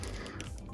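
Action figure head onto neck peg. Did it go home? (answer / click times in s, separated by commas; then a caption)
no / none. A swapped plastic head for a Mafex Superman (Zack Snyder's Justice League) action figure is pressed onto the body's original neck peg, with brief sharp plastic ticks near 0.0 s, 0.4 s and 0.6 s over a steady low hum. The head fails to go onto the peg, and nothing has seated or clicked yet.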